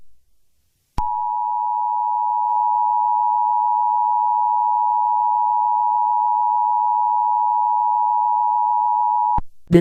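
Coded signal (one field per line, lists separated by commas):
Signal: Emergency Alert System (SAME) tones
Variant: 853 and 960 Hz attention tone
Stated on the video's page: Fake fan-made EAS parody using a TTS voice.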